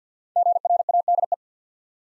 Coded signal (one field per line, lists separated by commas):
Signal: Morse code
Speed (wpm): 48 wpm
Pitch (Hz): 700 Hz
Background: none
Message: GRADE